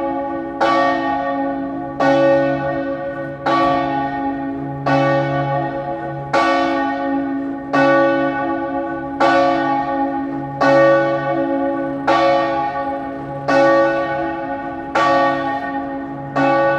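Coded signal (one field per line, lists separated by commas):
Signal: bell signal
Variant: great bell full swing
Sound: one deep church bell swinging, about 12 ringing strokes evenly spaced, long resonant decay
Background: low background hum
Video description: Battiore delle 15:00 e distesa del campanone per la Passione di Cristo del Venerdì (dura 1 minuto).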